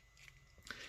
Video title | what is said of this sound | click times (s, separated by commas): Hasbro Transformers Earthrise Sunstreaker - Video Review | you'll hear that little click and that click will tell you that they're then in place | 0.3 s, 0.7 s